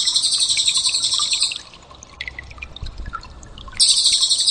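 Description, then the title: Bird song, a fast, very high rattling trill that stops midway, leaving soft scattered chirps, then returns strongly near the end. "SuaraBurung Kicau8"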